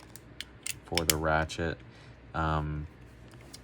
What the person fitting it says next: Nice click for the ratchet.